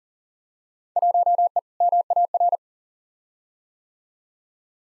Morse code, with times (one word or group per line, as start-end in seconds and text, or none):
1.0-1.6 1E
1.8-2.6 MAR